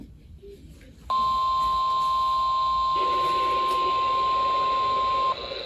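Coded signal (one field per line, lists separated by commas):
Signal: Emergency Alert System (SAME) tones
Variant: 1050 Hz attention tone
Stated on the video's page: Real alerts, including severe thunderstorm warnings, captured across Southeast Georgia and Southern South Carolina from NOAA Weather Radio and recorded on iPhones.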